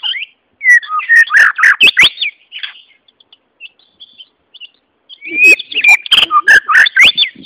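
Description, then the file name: White-rumped shama song, a burst of whistles and harsh clicks, a near-silent stretch with faint notes, then another loud whistled burst. Song, Malaysia. "kicauan mb malaysia"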